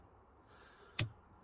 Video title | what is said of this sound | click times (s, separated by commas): L200 Series 5 Stop-Start button fix | so we'll fit the plug first push it in until it clicks | 1.0 s